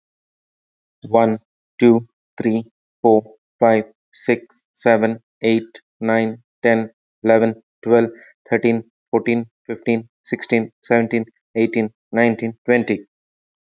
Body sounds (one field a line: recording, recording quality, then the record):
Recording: counting at a normal pace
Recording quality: excellent, no background noise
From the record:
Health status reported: exposed to COVID-19, no respiratory illness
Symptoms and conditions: muscle pain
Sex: male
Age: 40 years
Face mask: not worn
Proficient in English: yes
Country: India